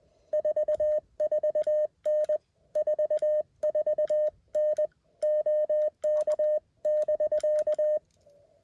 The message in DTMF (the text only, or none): none